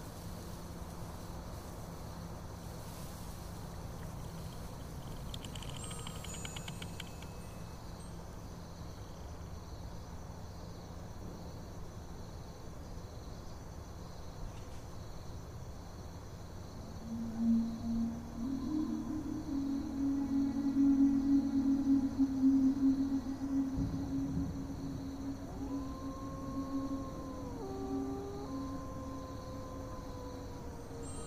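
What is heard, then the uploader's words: A night in a forest village: a steady high insect hiss and low hum, then a droning moan swells midway, trailing into faint sliding calls. Eerie night in the dark forest village.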